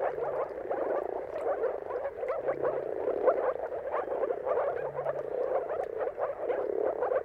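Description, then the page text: Moor frogs produce a continuous low bubbling chorus of overlapping calls, no other clear sounds. Mating calls of a moor frog chorus at sunrise, at the turn of March and April, depending on the weather. "Dawn’s Chorus: Mating Calls of Marsh Frogs at Sunrise. Depending on the weather at the turn of March and April, you can witness an amazing spectacle of moor frogs. Jakub Orzecki"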